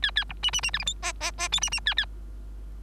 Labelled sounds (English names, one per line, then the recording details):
Bengalese Finch song
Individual Bird3